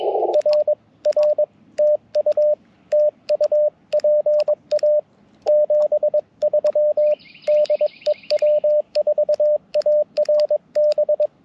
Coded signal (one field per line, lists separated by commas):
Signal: Morse code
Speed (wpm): 22 wpm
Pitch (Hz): 600 Hz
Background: radio noise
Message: R R TU TU PA 73 DE W4ARB